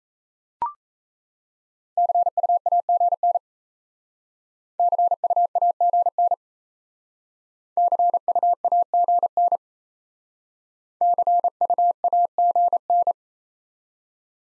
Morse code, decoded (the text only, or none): CUAGN CUAGN CUAGN CUAGN